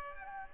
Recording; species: mosquito wingbeat signal from an infrared sensor; Aedes aegypti